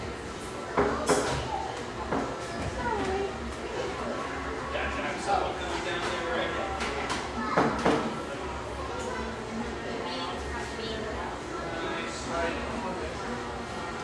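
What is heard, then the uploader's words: Busy café chatter fills the room steadily, with overlapping voices, a low hum, and sharp clinks of dishes near 1 and 8 seconds. Park City, Utah. Duck in from the blustery mountain winds in this warm, firelit café in one of America's most popular ski towns.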